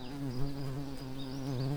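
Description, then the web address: Garden bumblebee queen buzzing, a steady low droning hum with a strong fundamental and overtone, slightly wavering in pitch throughout. "bumblebees sounds Hortorum-queens"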